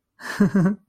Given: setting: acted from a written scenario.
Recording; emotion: vocal sound without words; amusement